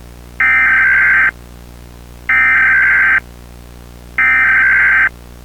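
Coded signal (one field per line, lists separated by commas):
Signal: Emergency Alert System (SAME) tones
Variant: header bursts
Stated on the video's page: Fictional EAS scenario in analog horror style, based on a creepypasta.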